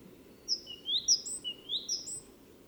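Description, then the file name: Great tit giving a brief string of a few high, ringing two-part notes, each pairing a sharp top note with a lower rising slur. "Parus major"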